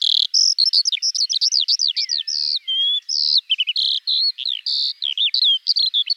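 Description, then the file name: Eurasian skylark song, a rapid unbroken stream of high chirps, trills and rising and falling whistled notes pouring out without pause. "Alouette des champs"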